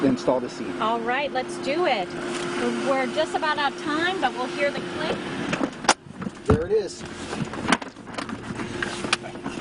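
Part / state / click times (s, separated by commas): child car seat attachment into vehicle anchor / seated / 9.1 s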